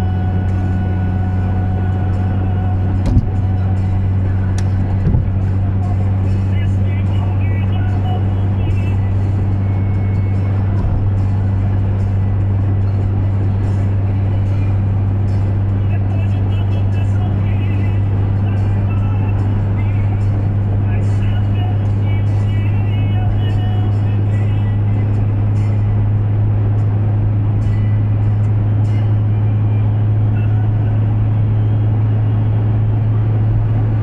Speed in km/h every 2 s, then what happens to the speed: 108, 109, 110, 111, 112, 112, 113, 113, 114, 115, 116, 118, 120, 120, 122, 124, 125.
0-34 speeds up to 125.